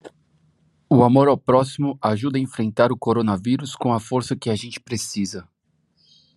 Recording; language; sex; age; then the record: spoken sentence; Brazilian Portuguese; male; 30 to 39 years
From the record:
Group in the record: control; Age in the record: 35 years